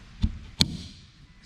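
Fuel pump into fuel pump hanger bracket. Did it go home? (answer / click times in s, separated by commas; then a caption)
yes / 0.6 s. A new fuel pump with a greased o-ring is pushed into the plastic fuel pump hanger bracket of a Subaru. A softer knock at about 0.2 s is followed by a sharp click at 0.6 s as the lock tabs pop into place. The pump is seated and locked in the hanger.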